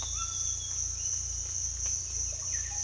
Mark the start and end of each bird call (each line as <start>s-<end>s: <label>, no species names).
0.13s-0.60s: bird call
2.37s-2.83s: bird call